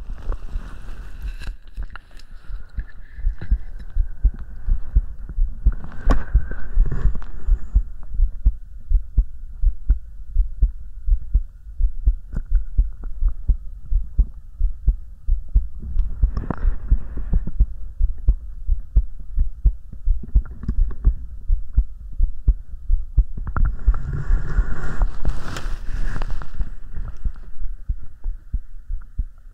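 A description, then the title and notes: A close, steady heartbeat thumps low and regular for the whole thirty seconds, with a faint hum underneath. Soft, airy breaths swell over it now and then, near the start, around six and sixteen seconds, and a longer, fuller breath near twenty-five seconds. ASMR Hugging your Head HeartBeat with Breathing.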